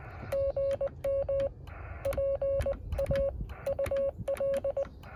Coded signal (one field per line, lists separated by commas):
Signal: Morse code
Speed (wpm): 20 wpm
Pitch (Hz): 550 Hz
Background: radio noise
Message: GM PAUL